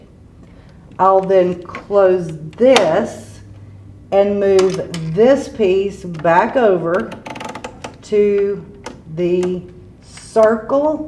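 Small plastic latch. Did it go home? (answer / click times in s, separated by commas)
yes / 7.8 s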